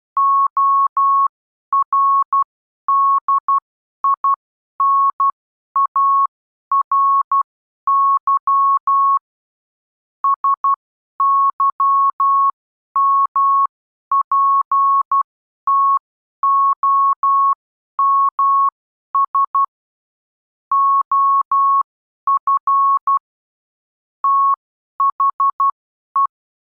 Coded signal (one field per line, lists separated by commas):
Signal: Morse code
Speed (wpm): 12 wpm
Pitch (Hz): 1100 Hz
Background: none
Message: ORDINARY SYMPTOMS OF THE